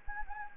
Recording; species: mosquito wingbeat signal from an infrared sensor; Anopheles gambiae